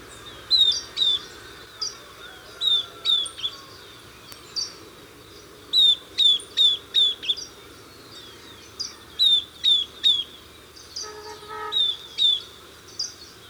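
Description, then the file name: Southern beardless tyrannulet calling: high, thin, slightly descending whistled notes, given singly or in quick runs of up to five, pausing between bursts, over a faint steady background hiss. "Camptostoma obsoletum - Southern Beardless Tyrannulet"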